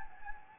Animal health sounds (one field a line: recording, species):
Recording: mosquito wingbeat signal from an infrared sensor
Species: Anopheles gambiae